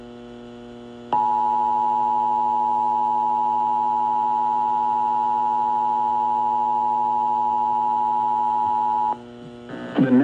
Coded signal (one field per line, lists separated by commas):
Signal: Emergency Alert System (SAME) tones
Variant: 853 and 960 Hz attention tone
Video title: Tornado Watch EAS on KDSX LPAM&FM